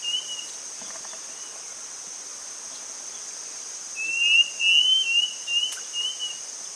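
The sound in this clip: Bird whistling a series of clear, slightly wavering notes near the end, over a steady high insect-like hiss throughout.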